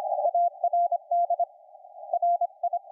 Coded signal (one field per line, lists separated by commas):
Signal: Morse code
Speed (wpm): 25 wpm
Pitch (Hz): 690 Hz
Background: none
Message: ARD RI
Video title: HP15 laptop + SDRplay